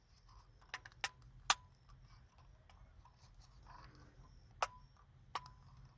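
An antenna connector is pressed fully home into the remote start module of a 2017–2019 Elantra with key start (no push-button start). Several sharp clicks are heard, and the loudest, at 1.5 s, is the connector locking into the module. The antenna connector is seated and locked.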